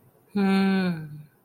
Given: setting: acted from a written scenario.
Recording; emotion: vocal sound without words; interest